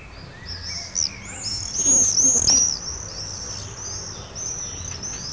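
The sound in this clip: Swift screams: thin, high, wavering shrieks in overlapping bursts, strongest in the middle seconds, over steady low background rumble.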